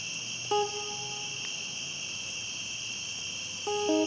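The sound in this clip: Cricket giving a continuous high-pitched trill without pause, joined near the start and end by short, clear tonal notes lower down.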